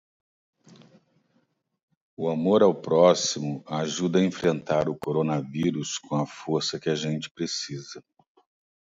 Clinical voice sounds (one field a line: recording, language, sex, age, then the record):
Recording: spoken sentence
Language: Brazilian Portuguese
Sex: male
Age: 50 to 59 years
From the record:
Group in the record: control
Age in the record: 58 years